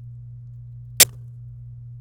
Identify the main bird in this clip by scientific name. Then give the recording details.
Serinus canaria. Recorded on 26 April 2018 at 18:59. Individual llb3